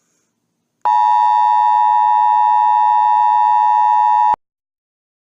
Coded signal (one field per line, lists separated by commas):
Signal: Emergency Alert System (SAME) tones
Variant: 853 and 960 Hz attention tone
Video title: EAS Kingston Shootings EAS scenario #11